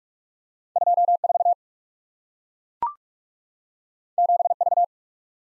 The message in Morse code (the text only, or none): 24 7V